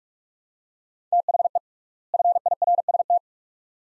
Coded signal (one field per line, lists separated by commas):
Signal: Morse code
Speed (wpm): 42 wpm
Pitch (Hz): 700 Hz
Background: none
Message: THE FIRST